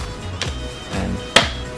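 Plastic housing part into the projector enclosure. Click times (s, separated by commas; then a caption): 1.4 s. A molded plastic projector housing part, with grooves, a mating rib, a small snap and locating features, is slid down onto its mate in the projector enclosure over background music. A softer tap comes at 0.4 s, then the snap clicks sharply into place at 1.4 s, seating the part.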